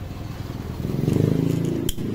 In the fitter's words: so pag narinig niyo na nag-click So ibig sabihin Okay na yan Okay